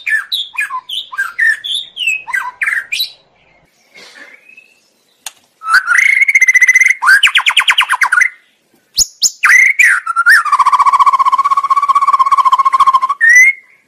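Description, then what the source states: White-rumped shama singing a varied song of clear whistles and slurred notes, then loud rapid buzzy trills and a long steady whistled note after a short pause. Masteran training recording of murai batu song used to tutor cage birds, labelled labaik.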